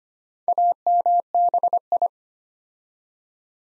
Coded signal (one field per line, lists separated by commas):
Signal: Morse code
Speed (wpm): 25 wpm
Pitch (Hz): 700 Hz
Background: none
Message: AMBI